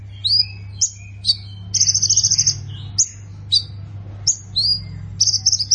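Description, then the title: Prinia with separated sharp descending notes interspersed with short buzzy trilled bursts, repeated throughout over a steady low hum. "Ciblek Sawah"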